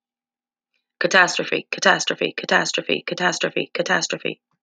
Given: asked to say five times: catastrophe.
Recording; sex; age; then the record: repeated word; female; 40 to 49 years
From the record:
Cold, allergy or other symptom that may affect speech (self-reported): no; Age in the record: 44 years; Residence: Pennsylvania, United States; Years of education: 15